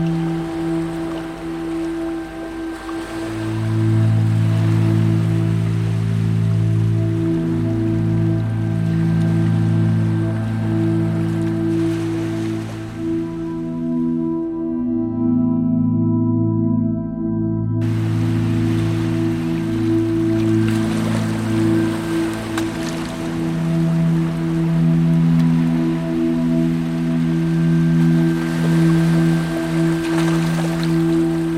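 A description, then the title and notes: Sea waves wash over soft, slow sleeping music made of low held tones that shift gently in pitch. The hissing wash of the water drops away for a few seconds around the middle, leaving only the drones, then rolls back in. Relaxing sea waves sounds with 432 Hz sleeping music for deep sleeping.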